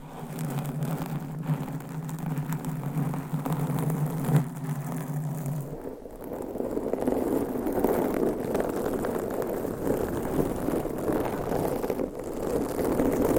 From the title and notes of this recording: ASMR Mic Scratching - Brain Scratching with 7 Mics Asmr No Talking for Sleep with Long Nails.